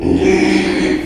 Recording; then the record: squeal of a Yucatan mini pig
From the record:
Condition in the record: after surgery on the right vocal fold (resection and tissue-engineered implant); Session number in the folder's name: 2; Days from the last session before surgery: 13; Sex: male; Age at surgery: 12 weeks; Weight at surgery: 13 kg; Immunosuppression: cyclosporine, prednisolone